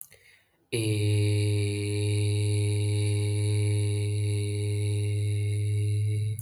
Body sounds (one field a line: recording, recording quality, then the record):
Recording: sustained vowel as in made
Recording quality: excellent, no background noise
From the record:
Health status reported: healthy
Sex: male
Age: 21 years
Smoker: no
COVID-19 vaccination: both doses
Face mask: not worn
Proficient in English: yes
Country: India